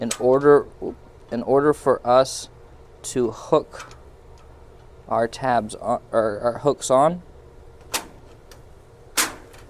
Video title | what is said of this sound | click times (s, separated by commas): Supermicro AS-3015MR-H8TNR MicroCloud Server - How To Rack A Server - Server Racking - Sliding Rails | And it's just going to lock into place. | 7.9 s